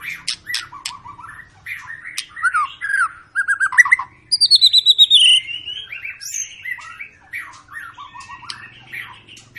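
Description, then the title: White-rumped shama song of varied chirps and warbles, a quick descending trill in the middle, then softer twittering and whistles to the end. Long lure recording of an energetic, constantly singing White-rumped shama, used to prompt other birds to sing. "Pancingan Murai Batu Gacor Panjang"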